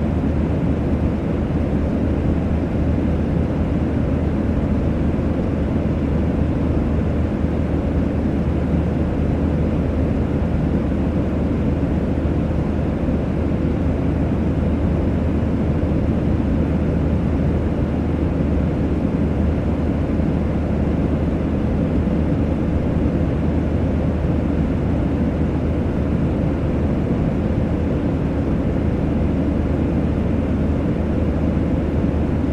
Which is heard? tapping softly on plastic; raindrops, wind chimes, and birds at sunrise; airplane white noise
airplane white noise